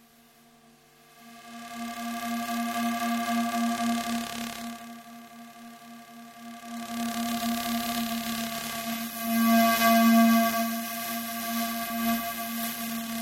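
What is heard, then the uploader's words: Electromagnetic radiation turned into sound: a steady, droning hum with a strong low-middle tone and a stack of ringing overtones, like a struck bowl. It swells in slow waves, dipping near five seconds and peaking loudest around ten seconds, with faint hiss above. ESTEC - EMF Recording Of Mars Rover. Here are sounds recorded of prototypes of ESA's upcoming ExoMars rover, made in the Planetary Robotics Lab. It also includes some electro-magnetic radiation, converted to audible sound. Audible spectrum recordings are made with Uši; EMF recordings with Elektrosluch.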